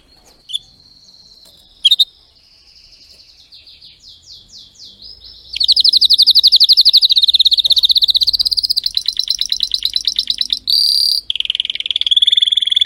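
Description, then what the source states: Canary (Spanish Timbrado): canary song opening with a few sharp isolated notes and a soft, slow trill, then swelling into loud, fast rolling trills with a brief pause between phrases. Spanish Timbrado breed of domestic canary, called canário belga in the Portuguese title; singing.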